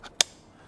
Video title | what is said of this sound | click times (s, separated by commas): Choosing A BCD | can hear it click into place | 0.2 s